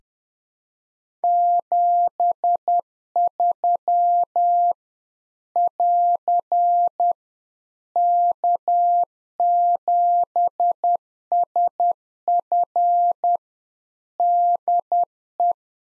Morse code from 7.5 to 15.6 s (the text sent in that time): K7SF DE